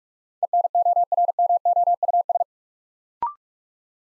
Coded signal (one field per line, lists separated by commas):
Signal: Morse code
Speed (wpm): 44 wpm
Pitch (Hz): 700 Hz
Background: none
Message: ENORMOUS